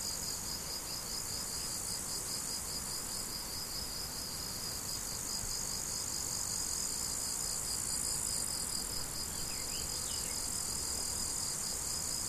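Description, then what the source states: Cricket chirping in a rapid regular pulse over a dense high insect drone, with faint short bird-like chirps near the end. Crickets recorded 17 July 2012 with an MZ-N710 recorder.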